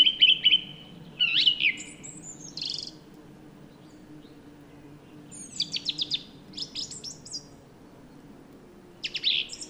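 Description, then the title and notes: Song thrush singing bright, high phrases separated by pauses, including a rapid run of repeated sharp notes, over a faint steady low hum. Forest at Val Maravel, France, 16 March 2019, 10:15, sunny and windless, bumblebees foraging on willows; recorded with MixPre-3, Wildtronic mono and an omni MKH8020 pair. "La Grive et les bourdons. 16 mars 2019-Val Maravel. Une Grive musicienne (Turdus philomelos) et des bourdons butinant des saules"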